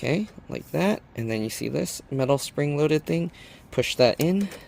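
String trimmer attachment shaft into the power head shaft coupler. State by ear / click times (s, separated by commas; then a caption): not seated / none. Someone talks while lining up the attachment shaft of a split-shaft Greenworks 80V battery-powered 17"/15" string trimmer with the power head shaft coupler and pressing in the metal spring-loaded pin. The parts are only being handled, and nothing has seated or clicked yet.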